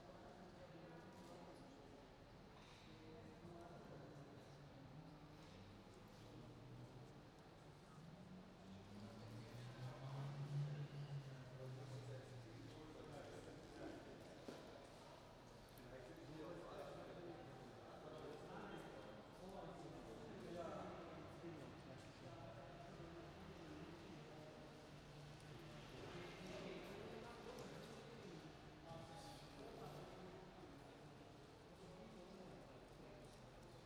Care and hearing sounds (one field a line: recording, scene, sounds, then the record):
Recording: everyday scene through a hearing-aid microphone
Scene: reverberant space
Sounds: background noise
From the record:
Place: railway station hall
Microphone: in the ear canal, right